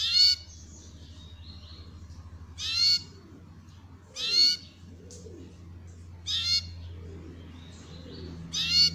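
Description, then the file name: Belgian canary giving short, harsh, buzzy phrases repeated at irregular intervals, with a low background hum. Copper-coloured Belgian canary. "canto do canario belga cobre"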